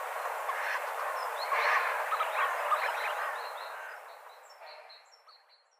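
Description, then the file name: Tufted duck giving rough, growling calls, a burst of harsh notes midway, with thin whistled chirps of other birds above, all fading away toward the end. "chernet hohlataya"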